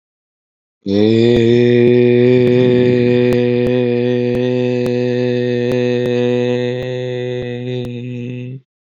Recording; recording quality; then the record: sustained vowel as in made; excellent, no background noise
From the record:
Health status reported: COVID-19 positive, mild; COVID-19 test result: positive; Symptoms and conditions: cold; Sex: male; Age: 26 years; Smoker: not ticked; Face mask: not worn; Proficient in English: yes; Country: India